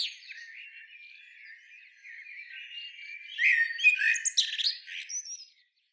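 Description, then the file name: Common blackbird song: a quiet, warbling lead-in builds to a louder phrase of fluted notes ending in thin, squeaky twitters near the close. "Turdus merula"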